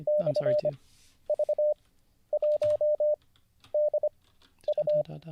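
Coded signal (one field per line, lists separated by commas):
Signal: Morse code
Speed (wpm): 25 wpm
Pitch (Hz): 600 Hz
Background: speech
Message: /V1DU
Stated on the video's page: Livestreamed Morse code (CW) learning lesson.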